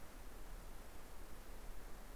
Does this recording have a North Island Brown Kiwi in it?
no